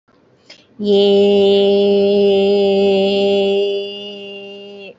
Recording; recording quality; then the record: sustained vowel as in made; excellent, no background noise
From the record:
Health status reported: healthy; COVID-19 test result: not tested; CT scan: not taken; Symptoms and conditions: none ticked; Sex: female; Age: 24 years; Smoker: no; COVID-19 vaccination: both doses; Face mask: worn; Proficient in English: yes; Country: India